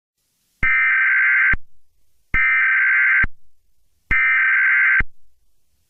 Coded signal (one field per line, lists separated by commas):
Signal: Emergency Alert System (SAME) tones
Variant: header bursts